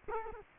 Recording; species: mosquito wingbeat signal from an infrared sensor; Culex quinquefasciatus